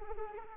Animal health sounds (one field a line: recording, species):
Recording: mosquito wingbeat signal from an infrared sensor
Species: Anopheles arabiensis